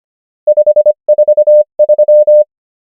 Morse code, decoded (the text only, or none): 5 4 3